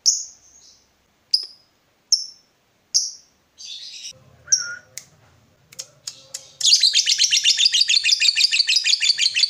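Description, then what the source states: Yellow-vented bulbul giving several separate sharp chirps with pauses, then a few scattered clicks, followed by a fast, continuous stream of high twittering chatter. Used as a bird lure (pikat).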